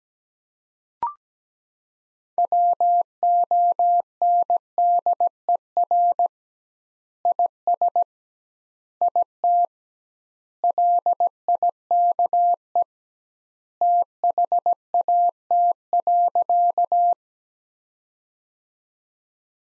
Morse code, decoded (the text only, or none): WONDER IS IT LIKE THAT.